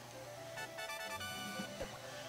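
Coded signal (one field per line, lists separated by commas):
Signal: none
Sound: video game jingle beeps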